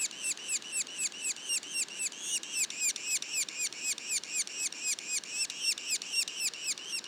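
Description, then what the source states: Yellow-bellied sapsucker juvenile calling, a continuous fast series of high, arched, harmonic notes, about four each second, steady and unbroken throughout. Juveniles, Mont-Orford National Park, Quebec.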